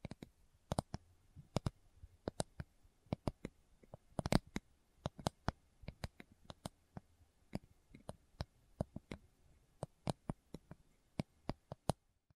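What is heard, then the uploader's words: Slow tapping in sharp, dry clicks at an uneven, unhurried pace, a few closely doubled, around four each second, over near silence. ASMR Slow Tapping for Deep Sleep (No Talking).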